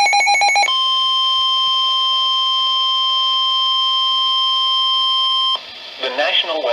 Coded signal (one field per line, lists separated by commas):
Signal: Emergency Alert System (SAME) tones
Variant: 1050 Hz attention tone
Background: speech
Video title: NOAA Radio (EAS # 464 465) Double Header SVR's